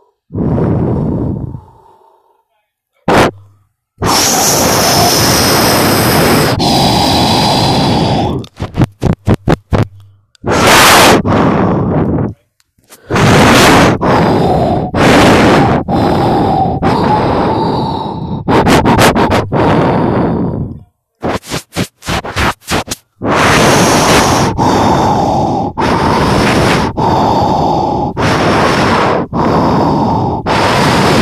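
Heavy, loud breathing, long rough breaths alternating with short gasps, brief pauses and sudden cut-offs throughout.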